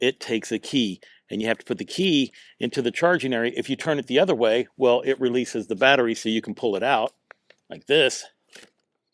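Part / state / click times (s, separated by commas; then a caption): removable battery into e-bike frame battery mount / not seated / none. Someone talks while handling the removable battery of a Sohamo S3 folding e-bike, which is released with a key and pulled out before being pushed back into its frame battery mount. A few short, quiet handling knocks follow near the end. Nothing has seated or clicked yet; the battery is not yet locked into the frame.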